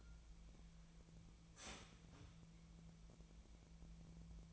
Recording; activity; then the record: daily activity, microphone in the room; start toaster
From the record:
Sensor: 1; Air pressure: 1000.3 hPa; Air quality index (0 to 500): 158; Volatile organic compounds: 3 ppm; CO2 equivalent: 1472 ppm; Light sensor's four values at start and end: 28/70/30/35 and 29/71/30/36